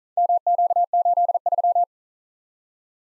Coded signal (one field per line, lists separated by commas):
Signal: Morse code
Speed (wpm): 43 wpm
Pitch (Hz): 700 Hz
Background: none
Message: MQ83